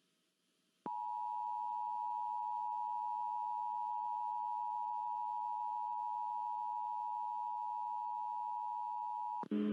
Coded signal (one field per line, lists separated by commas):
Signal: Emergency Alert System (SAME) tones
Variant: 853 and 960 Hz attention tone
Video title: EAS Mock: Requried Monthly Test for All of Connecticut